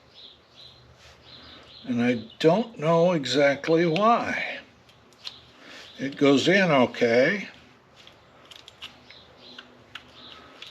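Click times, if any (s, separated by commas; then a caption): none. A bayonet bulb is pushed and twisted into a rusty, refurbished turn signal socket on a Yamaha DT400C motorcycle while someone talks. Short, light rattling hits follow as the bulb moves in the metal socket. The bulb goes in but has not locked or clicked into place yet.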